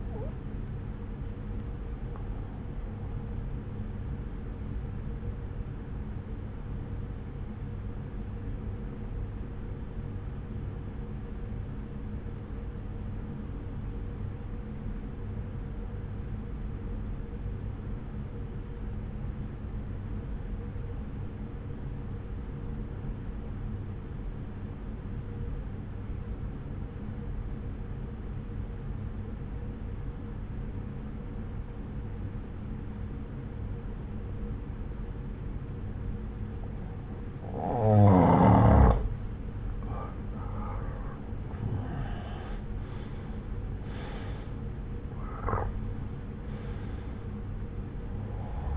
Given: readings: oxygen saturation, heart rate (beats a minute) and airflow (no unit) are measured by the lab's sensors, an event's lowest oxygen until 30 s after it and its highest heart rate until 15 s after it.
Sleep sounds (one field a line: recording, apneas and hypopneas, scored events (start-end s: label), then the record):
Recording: breathing in sleep by a smartphone at the bedside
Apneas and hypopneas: 1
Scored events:
4.00-39.10 s: obstructive apnea (N1, oxygen 95% highest, then 84% lowest, heart rate 64 at the start, 71 highest)
From the record:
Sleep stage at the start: N1 (lightest sleep)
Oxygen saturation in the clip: 85 to 95%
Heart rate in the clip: 60 to 71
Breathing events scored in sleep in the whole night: 303 in 8.1 hours asleep